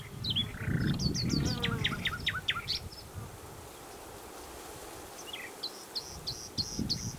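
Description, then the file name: Common nightingale song: repeated whistled notes and slurs, a short run of sharp descending strokes, then quieter notes later, over steady low rumbling background noise. "Luscinia megarhynchos"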